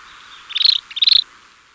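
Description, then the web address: Streak-backed canastero giving two short, stuttering high trills in quick succession, each under half a second, with faint hiss behind. Recorded in Ecuador. "Birds of Ecuador 2. Streak-Backed Canastero"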